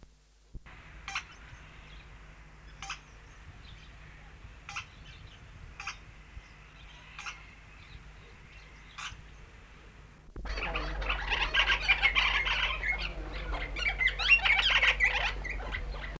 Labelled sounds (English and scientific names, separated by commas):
Red-capped Parrot (Purpureicephalus spurius) call